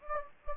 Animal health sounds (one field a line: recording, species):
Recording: mosquito wingbeat signal from an infrared sensor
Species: Anopheles gambiae